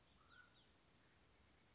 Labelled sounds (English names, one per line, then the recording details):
Mountain Quail
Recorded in Sonoma County, California